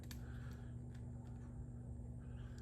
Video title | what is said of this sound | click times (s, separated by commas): A CLOSER LOOK AT POWERGLIDE AND KRANIX - I WOULD’VE WAITED AN ETERNITY FOR THESE and MORE ! | and then push it down. You'll hear a soft click. | 0.1 s